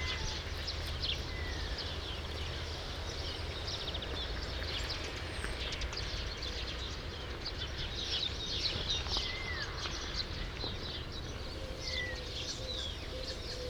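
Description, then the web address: True sparrows keep up a dense chorus of short chirps, with occasional clear downslurred whistles and a thin steady tone late on. "True sparrows. دانلود-صدای-پرنده-راستین"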